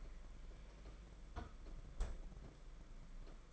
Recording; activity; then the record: daily activity, microphone in the room; close fridge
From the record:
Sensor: 5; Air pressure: 992.0 hPa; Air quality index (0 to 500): 201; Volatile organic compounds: 1000 ppm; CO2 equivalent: 5788 ppm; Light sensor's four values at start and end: 30/101/38/40 and 30/102/38/40